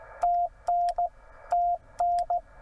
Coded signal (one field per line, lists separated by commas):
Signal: Morse code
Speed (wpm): 18 wpm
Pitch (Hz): 690 Hz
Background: radio noise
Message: TN TN